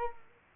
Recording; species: mosquito wingbeat signal from an infrared sensor; Culex quinquefasciatus